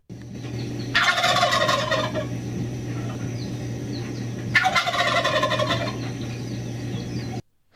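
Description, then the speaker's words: Wild turkey gobbling, two loud rattling bursts about three and a half seconds apart over a steady low hum. Adult male wild turkey gobbler in spring, gobbling to attract a mate. "but that's the spring sound of an adult wild turkey gobbler trying to attract a mate."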